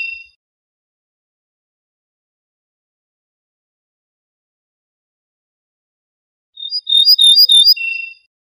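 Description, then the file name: Ortolan bunting song after a long silence: a brief fragment at the start, then a loud phrase of repeated ringing notes ending on a lower tone. "suara kicauan ortolan"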